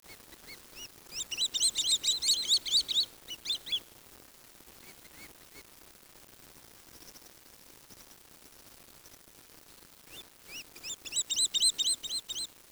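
Bird calls, a fast series of high, squeaky chirping notes in two bursts, separated by a quiet stretch of several seconds.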